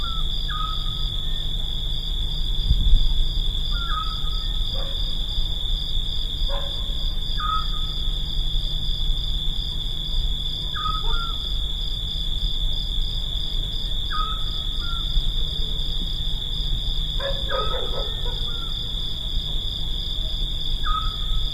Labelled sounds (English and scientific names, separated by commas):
Eurasian Scops Owl (Otus scops) song